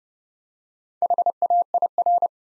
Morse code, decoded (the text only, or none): HAIR